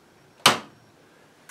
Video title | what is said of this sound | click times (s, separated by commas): Heat pump user tips #1 (Filter maintenance) | now with my hand on the left hand side you'll hear it click in on point a | 0.5 s